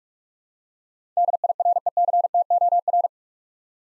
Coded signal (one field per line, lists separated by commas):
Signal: Morse code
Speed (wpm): 44 wpm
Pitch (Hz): 700 Hz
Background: none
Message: DIRECTOR